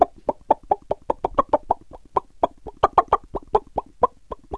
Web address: AKAI S-Series CD-ROM Sound Library VOL-6 ANIMALS CHICKEN